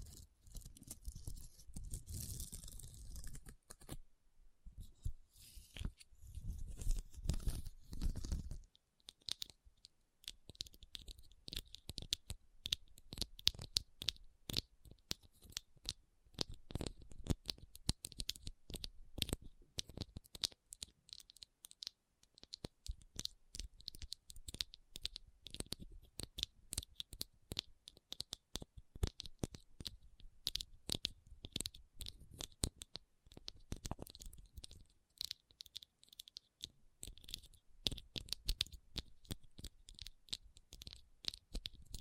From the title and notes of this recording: ASMR SENSATIONAL RHINESTONE Tapping & Scratching Sounds (No Talking).